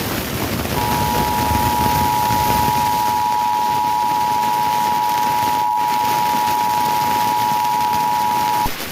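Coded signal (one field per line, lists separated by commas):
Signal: Emergency Alert System (SAME) tones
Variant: 853 and 960 Hz attention tone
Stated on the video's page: Fire warning on a digital TV subchannel.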